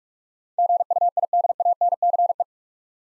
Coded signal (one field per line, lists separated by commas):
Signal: Morse code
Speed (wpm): 44 wpm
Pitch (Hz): 700 Hz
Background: none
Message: GUIDANCE